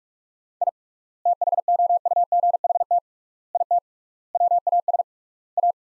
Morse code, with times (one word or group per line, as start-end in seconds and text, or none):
0.6-0.7 I
1.3-3.0 THOUGHT
3.6-3.8 IT
4.3-5.0 WAS
5.6-5.7 A